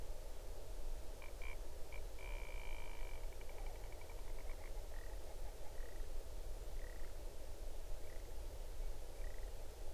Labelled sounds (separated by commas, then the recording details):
grouse or ptarmigan
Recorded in the Arctic National Wildlife Refuge, Alaska, on 8 June 2019 at 01:11
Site 40